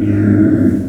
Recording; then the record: squeal of a Yucatan mini pig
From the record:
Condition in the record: after surgery on the right vocal fold (resection and tissue-engineered implant); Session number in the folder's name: 4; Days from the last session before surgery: 26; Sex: female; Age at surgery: 19 weeks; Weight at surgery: 25 kg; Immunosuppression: prednisolone